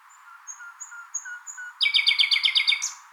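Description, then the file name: Common nightingale song: soft, widely spaced high whistles and low notes, then an abrupt loud, rapid pulsing trill with a high final note. "Luscinia megarhynchos"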